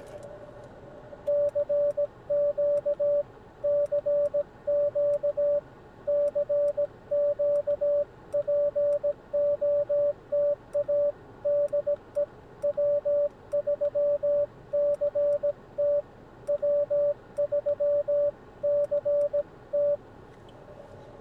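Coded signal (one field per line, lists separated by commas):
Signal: Morse code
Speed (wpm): 17 wpm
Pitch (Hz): 580 Hz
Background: radio noise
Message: CQ CQ CQ POTA DE W3CT W3CT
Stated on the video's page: CW Parks on the Air activation on a Xiegu G90 with a vertical antenna as a lightning storm approached.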